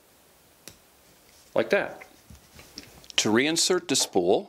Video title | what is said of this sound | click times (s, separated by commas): How To Thread An Antique Eldridge Sewing Machine | pull it down holding the spool so it doesn't turn until it snaps in like that | 0.7 s